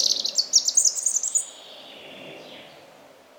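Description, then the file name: European robin song: a phrase of rapid high twittering notes lasting about a second and a half, followed by fainter trailing notes. "Erithacus rubecula"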